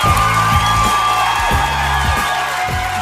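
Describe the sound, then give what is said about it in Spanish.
A loud applause sound effect runs steadily for about three seconds, a dense wash of clapping and crowd cheering layered over a sustained tonal backing, with no one speaking, played as applause for the people of the Zarpa animal shelter. “Desde aquí los aplausos otra vez.”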